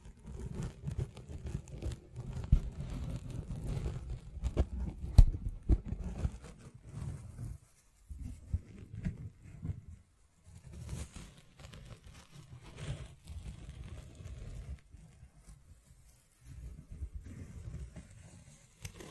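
Scratching and tapping, with rough, low scraping strokes that come in irregular bursts. A few sharp taps stand out near 2.5 and 5 seconds, and brief silent gaps break up the scratching around 8, 10 and 16 seconds.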